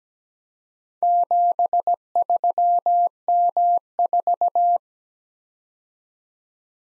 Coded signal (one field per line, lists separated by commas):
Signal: Morse code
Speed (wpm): 17 wpm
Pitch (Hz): 700 Hz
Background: none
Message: 73M4